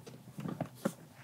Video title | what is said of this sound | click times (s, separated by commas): Tesla Model Y Hidden Dashboard Display | and it's simply just snaps back into place | 0.6 s, 0.9 s